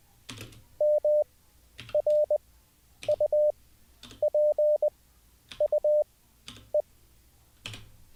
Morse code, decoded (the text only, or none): M R U P U E